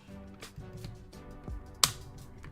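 A plastic LEGO brick part is pressed into a LEGO UCS T-65 X-Wing Starfighter model assembly over quiet background music, with a few faint clicks and handling ticks. A loud, sharp snap at 1.8 s shows the part seating into place.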